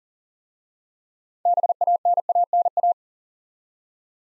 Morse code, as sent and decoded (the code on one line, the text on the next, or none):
-... .- -. .- -. .-
BANANA